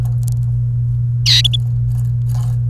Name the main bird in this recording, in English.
Domestic Canary